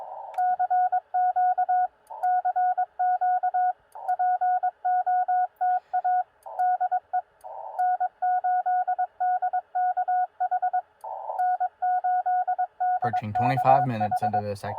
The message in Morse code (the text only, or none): CQ CQ POTA DE N8DKH N8DKH